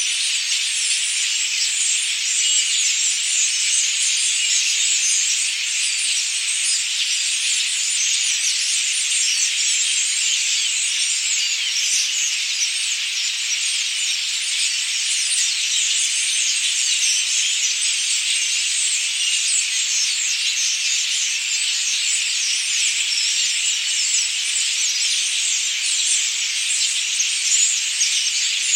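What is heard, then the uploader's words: A dense, shrill jungle chorus fills the whole half-minute, a bright, constant hiss flecked with rapid high chirps that never break into separate calls. It stays level throughout, with no low sounds underneath. Calming soundscape of birdsong.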